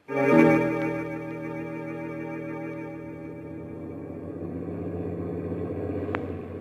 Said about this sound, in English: We rode home through the foggy night in the truck, the ape and I.